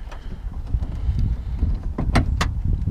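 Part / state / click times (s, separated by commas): bulb socket into license plate light housing / seated / 2.4 s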